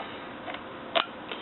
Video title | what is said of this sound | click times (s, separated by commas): Preparing water transducers | if you don't hear that click then it's not seated on there correctly | 1.0 s